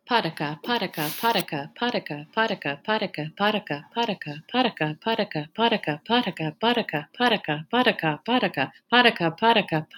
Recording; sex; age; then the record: repeated syllables /pa ta ka/; female; 40 to 49 years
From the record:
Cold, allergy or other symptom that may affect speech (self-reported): no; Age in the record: 42 years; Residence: Virginia, United States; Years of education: 18